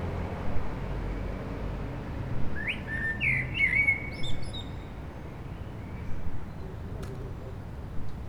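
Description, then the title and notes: Common blackbird song, a short run of fluty whistled notes near the middle followed by high squeaky twitters, over a steady low rumble of traffic. Several blackbirds singing after sunset on a mild day, eve of the winter solstice, on Rue Jacques Cartier in Aix-les-Bains, France, with urban traffic. "Rue Jacques Cartier, 73100 Aix-les-Bains, Auvergne-Rhône-Alpes, France - Merle du solstice. En cette douce journée les merles commencent à chanter après le coucher du soleil, passages d'avions, circulation urbaine demain c'est le solstice d'hiver"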